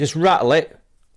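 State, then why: Not seated. A lens element is being handled and gently rattled in its refractor lens cell while someone talks briefly. Nothing has seated or clicked into place yet.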